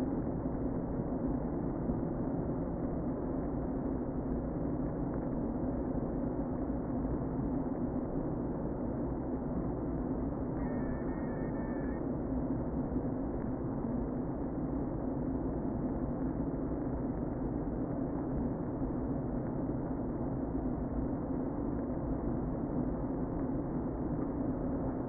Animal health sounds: honeybee colony, microphone inside the hive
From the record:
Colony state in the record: queen present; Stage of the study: before two queens were removed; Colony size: about 60,000 bees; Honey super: yes

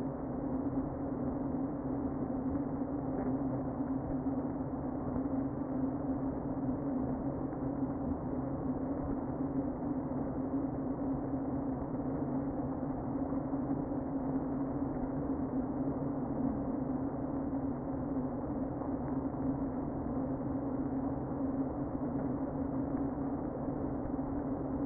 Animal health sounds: honeybee colony, microphone inside the hive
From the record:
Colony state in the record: queen present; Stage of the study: before two queens were removed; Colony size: about 60,000 bees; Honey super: yes

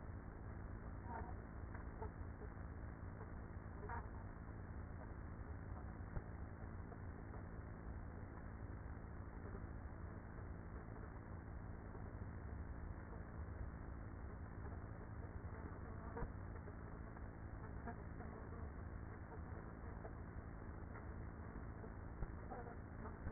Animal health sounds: honeybee colony, microphone inside the hive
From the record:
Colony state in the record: queenless with a low population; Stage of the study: after two queens were removed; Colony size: about 30,000 bees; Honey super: no

